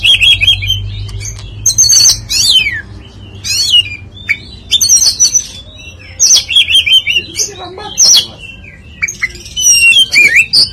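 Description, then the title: Oriental magpie-robin singing a continuous, varied string of clear whistles, sharp up-and-down sweeps and scratchy notes, with phrases changing constantly and barely pausing. "Kacer"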